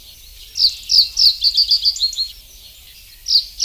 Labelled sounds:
Reed Bunting (Emberiza schoeniclus)
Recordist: Tembrock, Günter
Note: Gesang

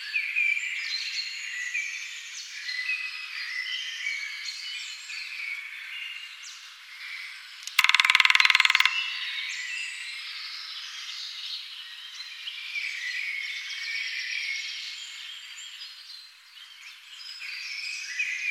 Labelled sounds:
Grey-headed Woodpecker (Picus canus) song
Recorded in the wild
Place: Waltershofen / Freiburg im Breisgau, Baden-Württemberg, DE
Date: 1996-04-07
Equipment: Dat-Recorder Casio DA 7, Telinga DAT, Telinga-Parabolspiegel
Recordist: Schwarz, Dieter
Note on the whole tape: Song

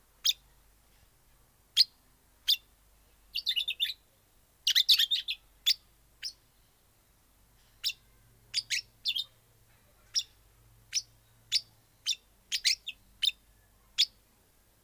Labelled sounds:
Golden-shouldered Parrot (Psephotus chrysopterygius) call
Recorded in captivity
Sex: pair
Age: adult
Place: Tiergarten Wilhelma/Stuttgart, Baden-Württemberg, DE
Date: 2002-10-05 15:55
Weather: heiter, 15°C
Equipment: Nagra SN, Kopie Uher 4000 Report Monitor
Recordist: Tembrock, Günter

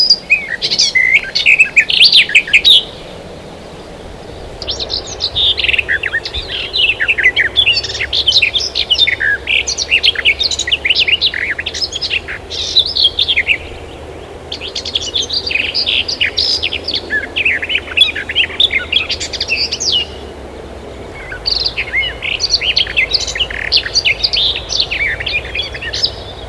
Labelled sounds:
Garden Warbler (Sylvia borin) song
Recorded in the wild
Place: Clausthal-Zellerfeld, Oberharz, Niedersachsen, DE
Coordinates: 51.78, 10.33
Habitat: forest
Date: 1985-06-09
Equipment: Sony WM-D6C, Big Ear
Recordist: Skiba, Reinald
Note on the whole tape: Buntenbrock

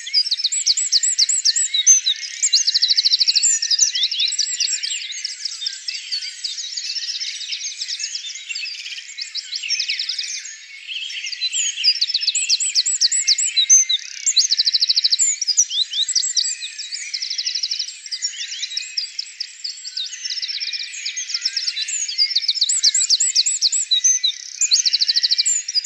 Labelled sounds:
Eurasian Wren (Troglodytes troglodytes) song
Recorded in the wild
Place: Wasenweiler am Kaiserstuhl, Baden-Württemberg, DE
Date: 2001-04-01
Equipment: MiniDisc Sharp MT 20 H
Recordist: Schwarz, Dieter

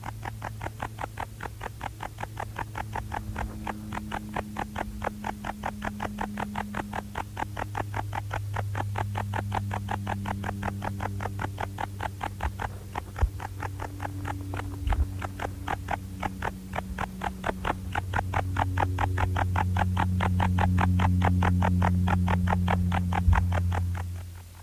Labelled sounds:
Bog Bush-cricket (Metrioptera brachyptera) stridulation
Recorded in the wild
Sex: male
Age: imago
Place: Königswartha, Oberlausitz, Sachsen, DE
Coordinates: 51.3203, 14.3083
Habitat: meadow
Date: 1989-08-10
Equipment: Riporter 6 RG-K, Sennheiser MKH 416 T, Kopie Uher Report Stereo IC
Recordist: Frommolt, Karl-Heinz

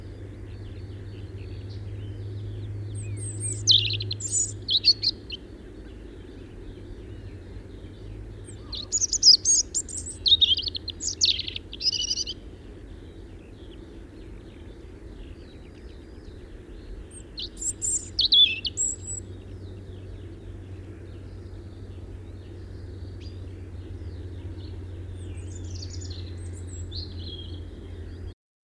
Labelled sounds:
European Robin (Erithacus rubecula) song
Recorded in the wild
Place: Bergen, Insel Rügen, Mecklenburg-Vorpommern, DE
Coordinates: 54.415, 13.426
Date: 1976-04-25 06:15
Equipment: Nagra III BH, Sennheiser MD 21, parabola
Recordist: Schubert, Michael

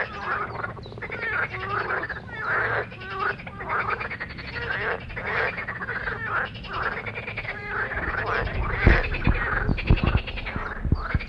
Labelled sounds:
Marsh Frog (Pelophylax ridibundus) call
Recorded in the wild
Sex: male
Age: adult
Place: Wernsdorfer See, Brandenburg, DE
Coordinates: 52.3775, 13.7033
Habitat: lake
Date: 1967-05-29
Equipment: Uher 4000 Report L
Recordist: Günther, Rainer
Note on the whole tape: Seefroschkonzert - gute Aufnahme. Artbestimmung einwandfrei

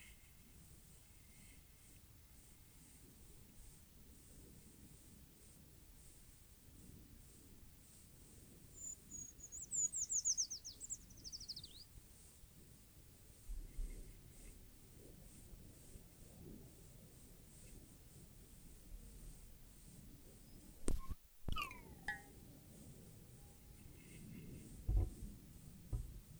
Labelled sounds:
Eurasian Treecreeper (Certhia familiaris) song
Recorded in the wild
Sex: male
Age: adult
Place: Freiburg, Baden-Württemberg, DE
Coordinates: 47.9842, 7.87667
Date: 1960-03-11
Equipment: Vollspur
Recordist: Thielcke, Gerhard

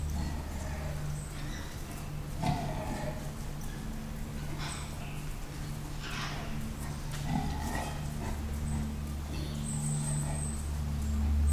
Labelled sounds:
Leopard (Panthera pardus)
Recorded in captivity
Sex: male
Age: adult
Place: Zoo Münster, Nordrhein-Westfalen, DE
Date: 1991-09-24 17:10
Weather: schwül, 22-24°C
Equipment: Marantz CP 430, Sennheiser ME 80, K 30 AV, Kopie Tesla B 116
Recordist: Tembrock, Günter

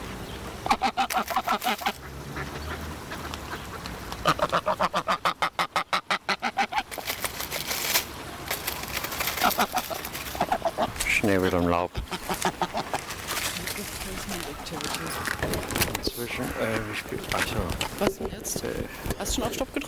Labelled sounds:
Greylag Goose (Anser anser) call
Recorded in captivity
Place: Zoo Berlin, Berlin, DE
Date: 1996-01-21 12:58
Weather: sonnig, -8°C
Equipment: Sony MD-WM MZ-R3, Hama Mikro
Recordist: Tembrock, Günter

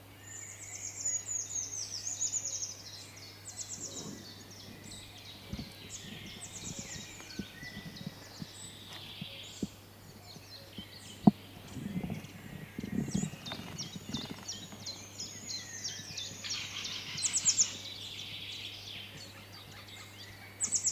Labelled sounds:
European Green Woodpecker (Picus viridis)
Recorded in the wild
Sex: male
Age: adult
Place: Teerofenbrücke, Nationalpark Unteres Odertal, Brandenburg, DE
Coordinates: 53.1322, 14.3536
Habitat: wood
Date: 2021-05-17 16:08
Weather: cloudy, no wind, 15°C
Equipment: Sound Devices 702, Sennheiser MKH 415 T, Rhode Windschutz
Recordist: Frommolt, Karl-Heinz

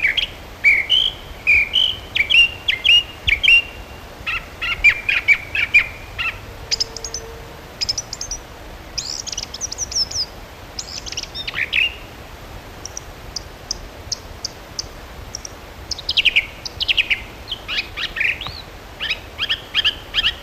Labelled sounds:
Song Thrush (Turdus philomelos) song
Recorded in the wild
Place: Knoten, DE
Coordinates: 50.6033, 8.1675
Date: 1964-03-30 19:15
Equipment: Uher Report 4000, AKG D190
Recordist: Krey, Winfried

